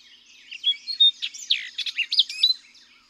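Orchard oriole song: a varied, fast phrase of looping whistles and harsher chattering notes, lasting about two seconds.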